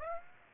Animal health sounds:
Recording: mosquito wingbeat signal from an infrared sensor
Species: Aedes aegypti

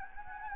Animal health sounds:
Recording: mosquito wingbeat signal from an infrared sensor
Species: Anopheles gambiae

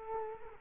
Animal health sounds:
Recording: mosquito wingbeat signal from an infrared sensor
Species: Culex quinquefasciatus

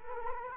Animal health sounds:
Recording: mosquito wingbeat signal from an infrared sensor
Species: Culex quinquefasciatus

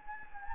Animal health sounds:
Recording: mosquito wingbeat signal from an infrared sensor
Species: Anopheles gambiae

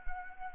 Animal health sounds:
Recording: mosquito wingbeat signal from an infrared sensor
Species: Anopheles arabiensis

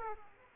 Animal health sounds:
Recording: mosquito wingbeat signal from an infrared sensor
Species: Aedes aegypti

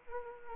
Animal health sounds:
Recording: mosquito wingbeat signal from an infrared sensor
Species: Anopheles arabiensis

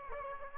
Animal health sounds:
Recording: mosquito wingbeat signal from an infrared sensor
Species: Aedes aegypti

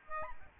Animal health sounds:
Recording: mosquito wingbeat signal from an infrared sensor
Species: Aedes albopictus

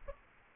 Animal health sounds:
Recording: mosquito wingbeat signal from an infrared sensor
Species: Aedes albopictus

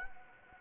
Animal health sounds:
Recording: mosquito wingbeat signal from an infrared sensor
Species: Anopheles gambiae

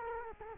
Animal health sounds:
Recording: mosquito wingbeat signal from an infrared sensor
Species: Culex quinquefasciatus

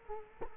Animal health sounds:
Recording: mosquito wingbeat signal from an infrared sensor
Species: Culex quinquefasciatus

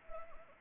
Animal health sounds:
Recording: mosquito wingbeat signal from an infrared sensor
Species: Anopheles arabiensis

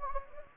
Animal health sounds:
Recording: mosquito wingbeat signal from an infrared sensor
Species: Anopheles gambiae

